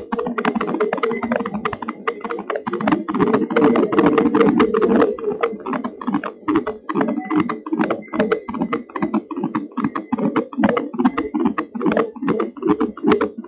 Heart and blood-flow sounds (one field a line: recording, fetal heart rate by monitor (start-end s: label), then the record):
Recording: fetal heart sounds by stethoscope on the mother's abdomen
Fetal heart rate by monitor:
0.00-10.00 s: 149 bpm
From the record:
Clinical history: decreased amniotic fluid, low fetal growth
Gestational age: 30 weeks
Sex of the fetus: boy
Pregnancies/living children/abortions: 2/0/1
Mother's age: 28 years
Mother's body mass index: 27.1